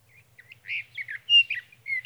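Sage thrasher song fragment, quick warbled and slurred notes with a faint low rhythmic pulsing beneath.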